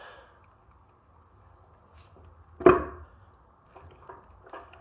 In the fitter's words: that's the second click